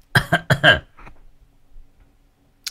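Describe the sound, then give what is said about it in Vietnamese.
Four quick, harsh hacking coughs, from a cough caught after drinking a lot of iced water in hot weather, fire off in rapid succession, then fade into a stretch of faint, raspy breathing before one short sharp noise at the end. “Mấy hôm vừa rồi trời nó nóng, uống nước đá nhiều quá, ho khanh khạch.”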